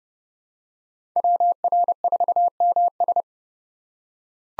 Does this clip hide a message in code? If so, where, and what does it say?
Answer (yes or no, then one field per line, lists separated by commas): yes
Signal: Morse code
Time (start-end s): 1.2-3.2 s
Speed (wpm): 29 wpm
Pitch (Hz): 700 Hz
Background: none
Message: WR4MS